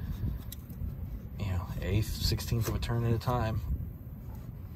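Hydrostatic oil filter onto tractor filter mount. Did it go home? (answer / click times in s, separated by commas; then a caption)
yes / 0.5 s. A hydrostatic oil filter, worked slowly past a cable that keeps knocking it off, pops into place on the RK24 tractor's filter mount with a short, sharp hit at 0.5 s. It is then turned a little at a time until snug while someone talks.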